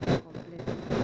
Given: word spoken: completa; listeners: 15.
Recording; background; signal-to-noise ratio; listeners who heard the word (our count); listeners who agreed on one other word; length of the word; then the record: one Spanish word in noise, from a listening test; noise modulated by one talker; -11.6 dB; 1 of 15; 10 of 15; 0.64 s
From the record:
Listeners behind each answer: 10, 1, 1, 1, 1, 1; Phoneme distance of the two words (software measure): 10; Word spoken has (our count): 3 syllables, 8 phonemes, stress on syllable 2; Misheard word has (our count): 3 syllables, 8 phonemes, stress on syllable 2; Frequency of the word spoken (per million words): 49.09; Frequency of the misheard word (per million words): 63.49